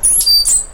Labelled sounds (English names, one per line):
Stitchbird song